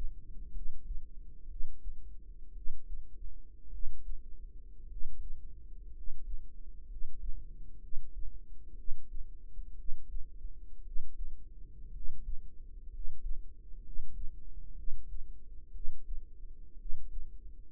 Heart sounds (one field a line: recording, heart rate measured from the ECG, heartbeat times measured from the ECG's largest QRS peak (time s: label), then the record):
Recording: heart sounds by microphone in the right ear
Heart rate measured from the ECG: 59 bpm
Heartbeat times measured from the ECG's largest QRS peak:
0.51 s: heartbeat
1.46 s: heartbeat
2.52 s: heartbeat
3.68 s: heartbeat
4.86 s: heartbeat
5.91 s: heartbeat
6.85 s: heartbeat
7.78 s: heartbeat
8.73 s: heartbeat
9.74 s: heartbeat
10.81 s: heartbeat
11.90 s: heartbeat
12.88 s: heartbeat
13.80 s: heartbeat
14.73 s: heartbeat
15.70 s: heartbeat
16.75 s: heartbeat
From the record:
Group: healthy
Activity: rest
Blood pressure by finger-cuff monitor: 115/61 mmHg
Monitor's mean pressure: 74 mmHg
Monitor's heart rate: 60 bpm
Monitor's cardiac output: 5.2 L/min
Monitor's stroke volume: 86 mL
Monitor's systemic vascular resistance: 1030 dyn s/cm5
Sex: male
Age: 25 years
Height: 170 cm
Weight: 70.4 kg